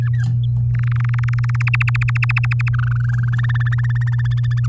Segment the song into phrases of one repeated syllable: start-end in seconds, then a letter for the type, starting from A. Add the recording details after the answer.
0.02-0.24 A, 0.75-1.62 B, 1.67-2.69 C, 2.73-3.29 D, 3.33-4.66 E. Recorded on 7 May 2018 at 17:15. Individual llb16